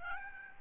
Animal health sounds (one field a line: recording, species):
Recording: mosquito wingbeat signal from an infrared sensor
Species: Aedes albopictus